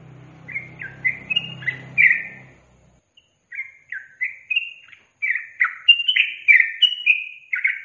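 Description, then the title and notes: Yellow-vented bulbul song: rapid bubbly whistled phrases that fall in pitch, over a low rumbling hum at first, then a pause and a second run. Masteran (songbird training) recording of trucukan song in tembakan and ropel styles. "MASTERAN Trucukan Tembakan Dan Ropel. BURUNG TRUCUKAN"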